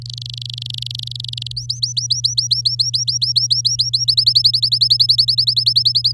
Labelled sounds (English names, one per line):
Domestic Canary song